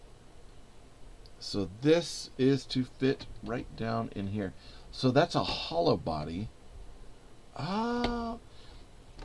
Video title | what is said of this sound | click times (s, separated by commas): Mould King F1 Racer 1:12th scale build Day 4 | This thing just snaps right into place. | 9.2 s